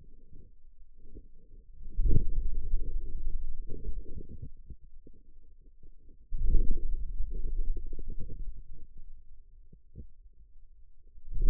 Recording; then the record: forearm muscle sounds (acoustic myography)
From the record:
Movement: hand closing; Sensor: system 2, bracelet of six BSWA MPA416 microphones around the upper forearm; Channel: 6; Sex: male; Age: 22 years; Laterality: right